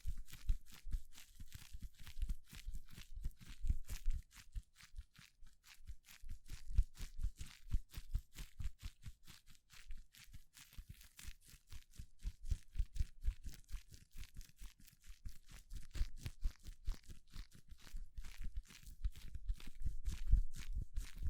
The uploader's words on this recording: ASMR 1 HOUR of Gloves Sounds for People who want tingles (No Talking).